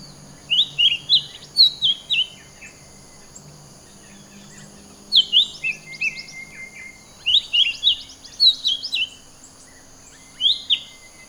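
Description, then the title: Bird giving short phrases of several sharp falling whistles, the phrases spaced a few seconds apart, with a steady high-pitched background tone. "SuaraBurung Kicau"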